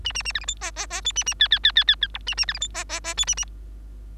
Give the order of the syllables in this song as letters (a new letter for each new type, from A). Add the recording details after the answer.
A A A B C D E E E F A A G G G G G G H A A B C D E E E F A A. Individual Bird3